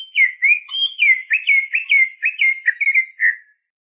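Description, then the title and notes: Greater green leafbird song: a brisk string of clear swooping whistles lasting over three seconds. Champion-quality singing bird. "Kicau Burung Cucak Ijo Juara. Suara kicauan burung cucak ijo"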